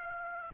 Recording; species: mosquito wingbeat signal from an infrared sensor; Aedes aegypti